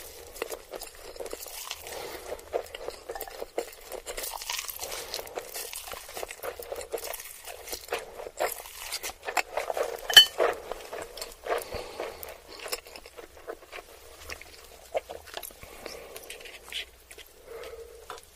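Someone eats ramen noodles and chicken nuggets, with a steady run of small crunches, slurps and wet smacking sounds throughout. The chewing noises come quickly and irregularly, sharp and bright, with a louder crunch near the ten-second mark and quiet pauses between bites.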